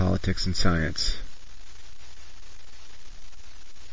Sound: static